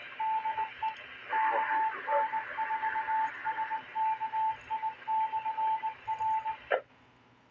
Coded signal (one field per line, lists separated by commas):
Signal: Morse code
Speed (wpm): 19 wpm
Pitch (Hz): 880 Hz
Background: radio noise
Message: DE KN4SKI/R